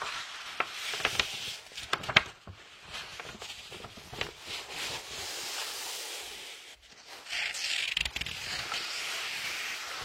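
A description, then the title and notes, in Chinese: Pages of a book are turned by hand, with crisp papery rustles and sharp flicks bunching up around two seconds and again near eight seconds. Between turns there are softer brushing sounds and brief quiet gaps. The sound is dry. 好听舒服的翻书的声音｜白噪音。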